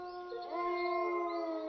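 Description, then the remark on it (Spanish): A fox near goats in a valley draws a big breath and lets out a long, drawn-out howl, a steady tonal cry that lifts slightly in pitch partway through and holds, clear, with no one speaking. “Un segundo después, salieron de su boca unos cuantos aullidos de esos que ponen los pelos de punta al más valiente.”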